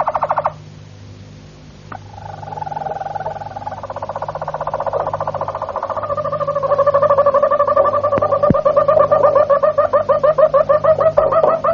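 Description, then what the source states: Harz Roller canary beginning with a brief burst, then a long soft rolling trill that swells and shifts into faster, choppier repeated notes toward the end, with a faint click. Harz-type canary song.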